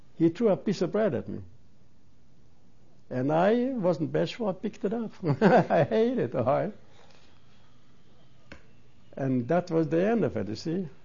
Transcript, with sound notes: he threw a piece of bread at me. And I wasn't bashful. I picked it up. ( he laughs ) I ate it. And that was the end of it, you see.